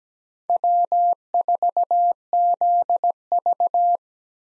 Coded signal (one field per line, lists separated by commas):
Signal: Morse code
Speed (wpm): 17 wpm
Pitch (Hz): 700 Hz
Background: none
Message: W4ZV